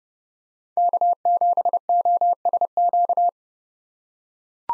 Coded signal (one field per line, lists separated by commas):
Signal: Morse code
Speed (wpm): 30 wpm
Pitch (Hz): 700 Hz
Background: none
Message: K7OSQ